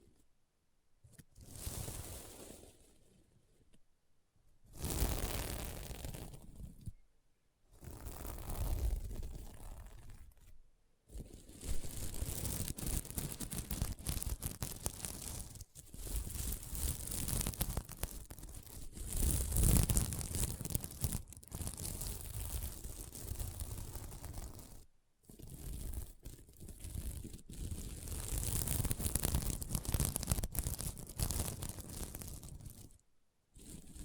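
Scratching on a sequin mermaid pillow comes in bursts of dense, crackly rustle with brief silent gaps between them, near 1, 5, 7, 11, 25 and 33 seconds. Strokes sound gritty and bright, swelling and fading, with longer unbroken runs from about 11 to 25 seconds.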